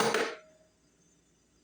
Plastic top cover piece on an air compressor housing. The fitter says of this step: oh top just one snapped in place